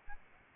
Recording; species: mosquito wingbeat signal from an infrared sensor; Aedes albopictus